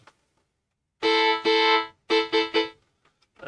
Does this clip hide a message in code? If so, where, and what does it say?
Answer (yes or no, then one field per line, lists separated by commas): no